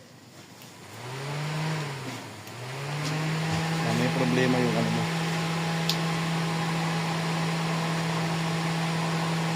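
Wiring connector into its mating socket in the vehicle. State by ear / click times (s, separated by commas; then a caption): seated / 5.9 s. In a GLI car with a 4AFE engine, a wiring connector that was skipped earlier in a hurry is pushed back into its mating socket while a steady low engine hum runs and someone talks. A single sharp click at 5.9 s marks the connector locking in, and it is confirmed seated.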